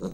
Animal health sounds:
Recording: pig call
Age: piglet (1 to 25 days)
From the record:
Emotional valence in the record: negative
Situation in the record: long isolation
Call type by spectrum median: low-frequency call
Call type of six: low-frequency stable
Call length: 0.14 s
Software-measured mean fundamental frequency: 61 Hz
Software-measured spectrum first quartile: 189 Hz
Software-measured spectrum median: 325 Hz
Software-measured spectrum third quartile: 573 Hz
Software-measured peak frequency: 190 Hz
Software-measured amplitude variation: 121 dB a second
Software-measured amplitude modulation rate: 3.7 a second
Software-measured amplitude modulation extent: 32.6 dB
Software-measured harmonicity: 2.3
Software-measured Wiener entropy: -0.23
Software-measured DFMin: 853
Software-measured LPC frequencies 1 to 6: 419, 1255, 2655, 3905, 6645, 8064 Hz

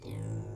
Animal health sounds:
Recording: pig call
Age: weaner (32 to 43 days)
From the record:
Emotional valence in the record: negative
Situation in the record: long isolation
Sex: female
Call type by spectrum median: low-frequency call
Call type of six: low-frequency stable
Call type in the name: low-frequency stable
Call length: 0.56 s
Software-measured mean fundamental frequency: 51 Hz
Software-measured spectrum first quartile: 110 Hz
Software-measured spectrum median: 180 Hz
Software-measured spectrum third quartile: 518 Hz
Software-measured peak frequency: 115 Hz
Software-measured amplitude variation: 127 dB a second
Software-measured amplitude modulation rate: 37.5 a second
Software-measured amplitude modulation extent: 3.4 dB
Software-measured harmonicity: 3.9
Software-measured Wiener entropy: -0.28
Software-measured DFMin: 1092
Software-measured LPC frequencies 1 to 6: 2247, 3573, 4304, 5104, 6612, 7357 Hz

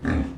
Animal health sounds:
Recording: pig call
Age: growing-finishing pig (85 days or more)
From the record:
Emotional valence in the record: negative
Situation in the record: barren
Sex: female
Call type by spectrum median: low-frequency call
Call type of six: low-frequency stable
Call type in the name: low-frequency stable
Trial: 1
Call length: 0.38 s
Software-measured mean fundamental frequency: 43 Hz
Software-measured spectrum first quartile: 145 Hz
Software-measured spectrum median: 279 Hz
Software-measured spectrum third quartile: 753 Hz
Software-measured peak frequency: 261 Hz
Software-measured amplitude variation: 164 dB a second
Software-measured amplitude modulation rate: 28.8 a second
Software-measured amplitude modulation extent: 5.7 dB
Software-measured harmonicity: 0.0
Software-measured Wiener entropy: -1.21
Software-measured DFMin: 686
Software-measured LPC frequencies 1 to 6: 269, 1186, 1724, 2395, 3663, 5042 Hz

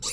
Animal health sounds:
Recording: pig call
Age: weaner (32 to 43 days)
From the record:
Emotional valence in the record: negative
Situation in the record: novel object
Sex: female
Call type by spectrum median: high-frequency call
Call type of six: high-frequency stable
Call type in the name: high-frequency stable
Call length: 0.13 s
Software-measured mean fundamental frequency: 549 Hz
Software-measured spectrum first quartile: 4033 Hz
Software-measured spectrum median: 6096 Hz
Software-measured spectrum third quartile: 8336 Hz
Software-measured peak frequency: 5604 Hz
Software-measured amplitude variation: 86 dB a second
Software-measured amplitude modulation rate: 15.0 a second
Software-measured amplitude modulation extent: 5.7 dB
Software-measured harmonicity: 0.6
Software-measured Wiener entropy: -2.15

